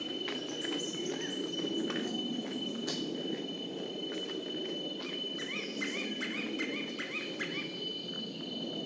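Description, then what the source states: Banded woodpecker calling in quick series of short, downward-bending notes in the second half, with a constant shrill insect tone, scattered clicks and a thick buzz of insects beneath. Banded woodpeckers recorded at MacRitchie on 4 November 2016.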